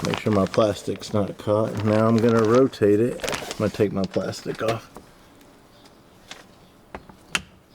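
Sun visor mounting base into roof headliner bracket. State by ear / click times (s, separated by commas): seated / 7.4 s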